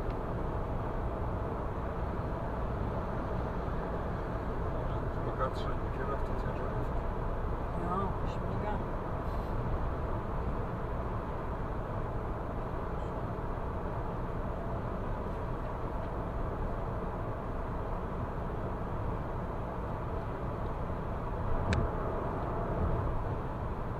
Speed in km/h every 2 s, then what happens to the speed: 106, 106, 106, 106, 106, 106, 106, 106, 106, 106, 106, 106.
0-24 steady at about 106.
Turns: none.